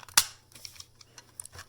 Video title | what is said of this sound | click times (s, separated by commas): How to change the holders to customize your Xbox controllers | and then just put it on it'll click here | 0.2 s